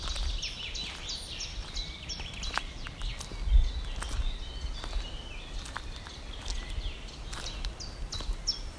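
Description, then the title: Birds chirping with high, short, falling notes in quick runs, broken by scattered crackling clicks and rustles beneath them. Birds heard in a small woodland in Poland by a person walking alone and quietly listening. "一个人静静的走在波兰某个小丛林里静静的聆听鸟儿们的叫声"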